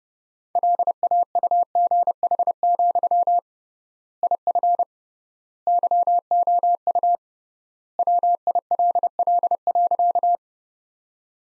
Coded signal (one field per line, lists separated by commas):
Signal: Morse code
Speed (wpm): 29 wpm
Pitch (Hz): 700 Hz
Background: none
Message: LAUGH, IF YOU WILL.